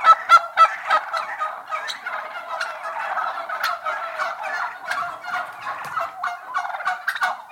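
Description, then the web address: Turkey hens in a dense chorus of overlapping clucks and yelping calls, busy and unbroken, with sharp clicking sounds scattered throughout. Turkey hens, indoors, general atmosphere of a group. "interior general atmosphere of turkey hens"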